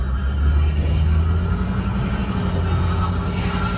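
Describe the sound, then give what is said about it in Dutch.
Steady, droning road and engine rumble of a car driving to historian Enzo Ciconte, with a hissy, crackling car radio struggling to hold its signal over the constant low hum. “Tijdens de autorit naar historicus Enzo Ciconte kunnen we niet alle radiozenders even goed ontvangen.”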